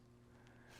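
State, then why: Seated. As an archer draws a compound bow back, the piston on a Vapor Trail Float drop-away arrow rest engages and latches into place. A faint, short click sounds at 0.5 s over a steady low background hum, and the piston is seated.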